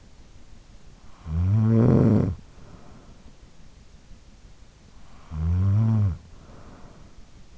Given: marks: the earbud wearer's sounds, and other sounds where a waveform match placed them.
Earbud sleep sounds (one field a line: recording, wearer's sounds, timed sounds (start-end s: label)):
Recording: sounds in sleep by an in-ear microphone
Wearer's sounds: snoring breath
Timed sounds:
0.71-3.52 s: snoring breath
4.85-7.58 s: snoring breath